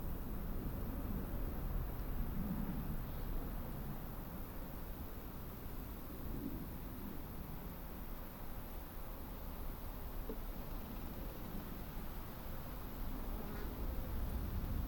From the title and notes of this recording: Summer meadow woodland edge. How banks of soft summer air move spatially across the treetops. That sings, with the sound of stridulating crickets. We travelled into Hertfordshire (by train and on foot of course) to take this sound photograph from as near as possible to the Clinton Baker Pinetum one lunchtime last week.